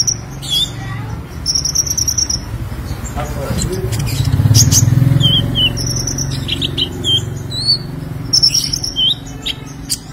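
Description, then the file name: Sunbird song: high whistled notes and quick chirps in short bursts over a low rumbling background. "Kolibri Lebah"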